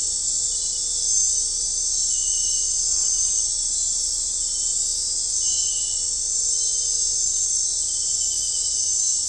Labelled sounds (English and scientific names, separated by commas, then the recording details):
none
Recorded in dense forest near Puerto Asís, Putumayo, Colombia, on 15 December 2024 at 23:00
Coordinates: 0.499, -76.324
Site G045